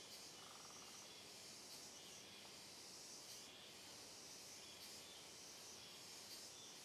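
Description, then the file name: Cicadas buzzing together in a steady high hissing chorus. Chorus of cicadas on a trail in dense forest, sound reverberating. "Coro de Cigarras em Trilha de Mata Fechada Reverberando"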